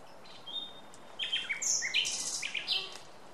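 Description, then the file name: Common nightingale song: a long thin whistle, then a jumble of varied chirps and loud, harsh notes. "Luscinia megarhynchos"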